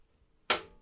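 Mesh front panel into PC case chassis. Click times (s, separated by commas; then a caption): 0.5 s. A hexagonal-mesh front panel on a Montech AIR 903 MAX ARGB PC case is pushed back onto the steel/plastic chassis. After a quiet lead-in, a single loud, broadband thunk lands at 0.5 s and decays over the next few tenths of a second. The panel seats in place.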